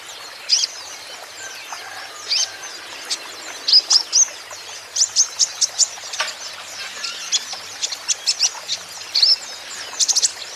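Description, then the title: Van Hasselt's sunbird song, bursts of piercing high chirps and rapid twittering notes in rhythmic groups, with quieter stretches between. Green-plumaged (ijoan) konin singing steadily and constantly (gacor), used as a lure and therapy for untrained konin, which are sure to answer. "KOLIBRI NINJA KONIN IJOAN GACOR COCOK UNTUK PANCINGAN TERAPI KONIN BAHAN PASTI NYAUT"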